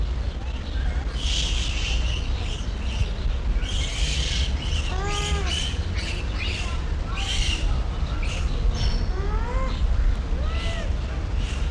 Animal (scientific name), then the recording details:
Macaca fuscata. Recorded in captivity. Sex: diverse. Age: adult. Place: Zoo Berlin, Berlin, DE. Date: 1994-08-06 13:46. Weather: wolkig bis heiter, 24-28°C. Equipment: Marantz CP 430, Sennheiser ME 80, Kopie Uher Variocord 263. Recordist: Tembrock, Günter. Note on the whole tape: Laute von Weibchen (mit Jungem), Laute in Gruppe